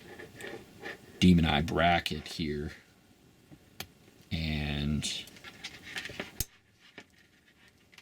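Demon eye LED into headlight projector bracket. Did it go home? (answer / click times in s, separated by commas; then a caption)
yes / 6.4 s. A small addressable demon eye LED with side clips is pushed into a resin 3D-printed headlight projector bracket while someone talks. Light scraping and handling ticks lead to a sharp snap at 6.4 s as the LED seats in the bracket.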